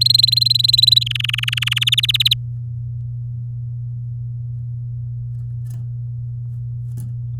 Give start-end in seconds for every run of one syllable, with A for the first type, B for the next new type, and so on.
0.01-1.03 A, 1.06-1.79 B, 1.81-2.33 C